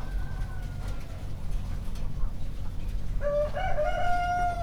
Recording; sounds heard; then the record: poultry house recording; healthy chickens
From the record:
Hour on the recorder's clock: 1